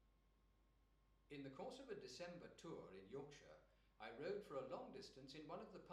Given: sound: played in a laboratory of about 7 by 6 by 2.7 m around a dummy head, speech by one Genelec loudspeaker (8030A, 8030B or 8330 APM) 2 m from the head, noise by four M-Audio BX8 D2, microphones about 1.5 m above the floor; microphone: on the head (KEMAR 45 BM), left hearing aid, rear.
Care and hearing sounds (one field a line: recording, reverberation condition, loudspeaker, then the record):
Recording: male speech in English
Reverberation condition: medium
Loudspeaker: 120 degrees to the left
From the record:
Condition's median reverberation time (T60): about 510 ms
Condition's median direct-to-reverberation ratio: about -0.5 dB